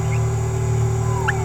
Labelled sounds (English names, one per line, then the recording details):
Green-rumped Parrotlet babbling
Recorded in a nest box in Venezuela
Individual 18B17A4